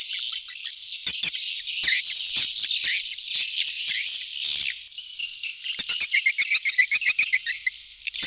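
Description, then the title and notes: Swiftlets give high, buzzy chirps and twitters, ending in a rapid run of sharp pulsed notes. Asia; recording used in swiftlet farming to attract birds. "Swiflet Bird Sound. Farming Swiflet Bird asia sound"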